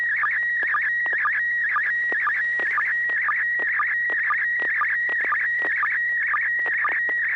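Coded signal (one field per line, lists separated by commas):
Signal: SSTV (slow-scan television)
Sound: warbling tone near 1.9 kHz, regular short low sync blips about twice a second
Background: low hum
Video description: The River City ARCS SSTV Net is held Wednesday evenings at 9:00 PM Pacific Time on the N6NA FM repeater on 441.300 MHz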